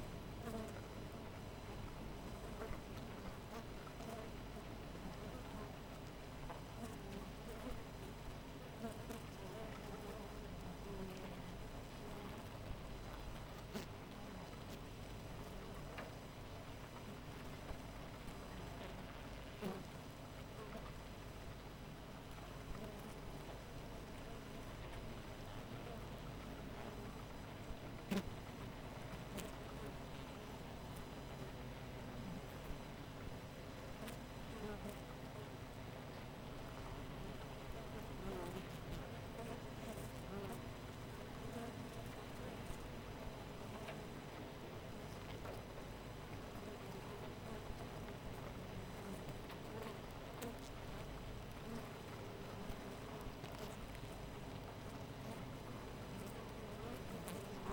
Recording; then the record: honeybee colony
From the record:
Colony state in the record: missing queen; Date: 14 July 2017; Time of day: 5:30